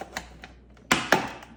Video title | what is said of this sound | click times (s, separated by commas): Fixing LG French Door Refrigerator Ice Dispenser | there now you can hear it pop | 0.9 s